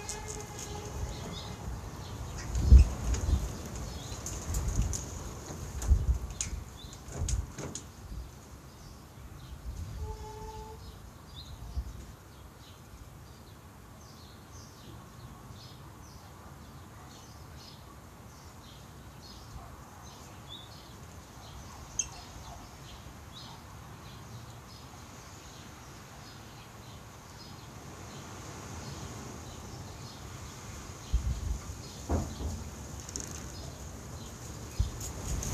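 Garden recording with a low, steady hum of city sound underneath. Knocks and bumps cluster in the first eight seconds and return near 31–33 seconds, with a brief two-note tone around 10 seconds. Faint bird chirps and a high hiss run throughout.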